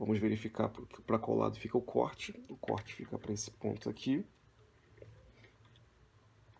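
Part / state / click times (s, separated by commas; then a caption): RAM module into motherboard memory slot / not seated / none. Someone talks for the first four seconds while a RAM module is lined up with the notch in an open motherboard DIMM slot, before it is pressed down on each side until the latches lock. After the talking stops, faint small handling taps are heard at about 5.0, 5.8 and 6.6 seconds. The module has not seated or clicked into the slot yet.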